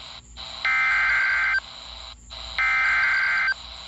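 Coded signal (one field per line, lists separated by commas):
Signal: Emergency Alert System (SAME) tones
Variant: header bursts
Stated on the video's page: NOAA Weather Radio severe thunderstorm warning from transmitter WWF60 on 162.500 MHz, received about 42 miles away on a RadioShack 12-254.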